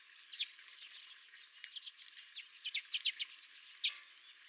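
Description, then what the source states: Redpoll calls, short high chirps in small clusters, with a louder bunch later and one sharp note near the end. Redpolls at the recordist's own feeder.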